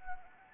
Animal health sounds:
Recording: mosquito wingbeat signal from an infrared sensor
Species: Anopheles arabiensis

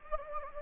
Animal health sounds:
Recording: mosquito wingbeat signal from an infrared sensor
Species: Anopheles gambiae

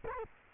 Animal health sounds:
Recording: mosquito wingbeat signal from an infrared sensor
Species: Culex quinquefasciatus

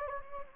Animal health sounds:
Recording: mosquito wingbeat signal from an infrared sensor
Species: Anopheles gambiae

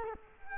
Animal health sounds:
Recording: mosquito wingbeat signal from an infrared sensor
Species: Culex quinquefasciatus

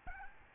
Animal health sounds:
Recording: mosquito wingbeat signal from an infrared sensor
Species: Aedes albopictus

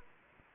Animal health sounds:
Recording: mosquito wingbeat signal from an infrared sensor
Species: Anopheles arabiensis

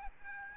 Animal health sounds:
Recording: mosquito wingbeat signal from an infrared sensor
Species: Aedes albopictus

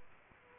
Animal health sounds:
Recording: mosquito wingbeat signal from an infrared sensor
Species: Aedes aegypti

